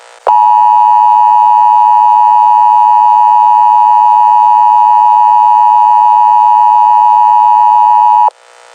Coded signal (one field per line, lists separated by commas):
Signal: Emergency Alert System (SAME) tones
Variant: 853 and 960 Hz attention tone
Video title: 95.7 WKML BE LIKE IN EAS ELERTS